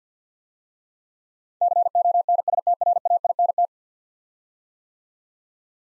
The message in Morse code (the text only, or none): CONSTRAINT